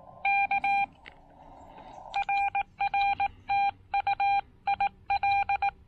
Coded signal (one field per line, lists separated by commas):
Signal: Morse code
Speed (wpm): 18 wpm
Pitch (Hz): 800 Hz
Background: none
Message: K RR TU IL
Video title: First CW POTA activation with my new Xiegu X6100 at Lake Norman State Park!